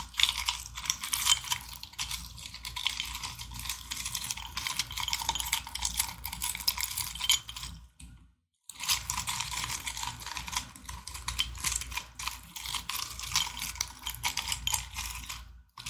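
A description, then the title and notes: Glass being scratched in a dense, rapid stream of gritty, clicking strokes, bright and hissy with little low end. The scraping runs steadily, stops for under a second at about eight seconds, then resumes with the same rough texture before cutting out briefly near the end. Glass scratching.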